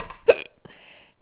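A single sudden, sharp catch with a brief voiced click, then a soft trailing breath in a quiet room, from an adult having hiccups again. This is a hiccup: an involuntary spasm of the diaphragm cut off by abrupt closure of the vocal cords.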